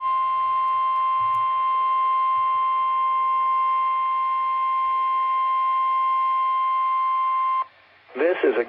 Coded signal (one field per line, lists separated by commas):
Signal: Emergency Alert System (SAME) tones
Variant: 1050 Hz attention tone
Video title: [EAS #1705-1707] Central California & San Francisco Monthly Tests